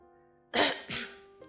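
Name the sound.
throat clearing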